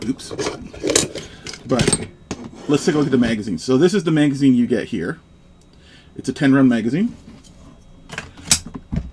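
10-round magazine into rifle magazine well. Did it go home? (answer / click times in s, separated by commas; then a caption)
yes / 8.5 s. Someone talks while a 10-round .22 magazine for a Derya TM22 Cadet rifle is handled and then pushed into the rifle's magazine well. It clicks and latches at 8.5 s, with a few smaller taps around it. The magazine seats and fits well, though with some wobble.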